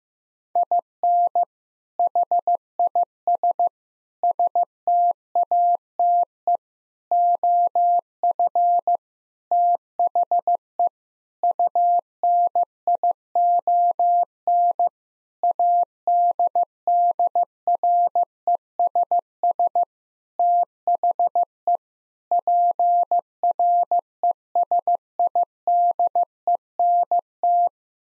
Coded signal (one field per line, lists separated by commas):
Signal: Morse code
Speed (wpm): 15 wpm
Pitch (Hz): 700 Hz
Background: none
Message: IN HIS STATE OF THE UNION ADDRESS THE PRESIDENT